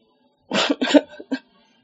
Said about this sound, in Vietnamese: Cô vừa nghe tới từ nhạy cảm, lập tức lớn tiếng ho khan.